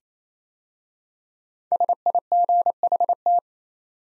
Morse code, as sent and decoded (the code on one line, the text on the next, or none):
... .. --. .... -
SIGHT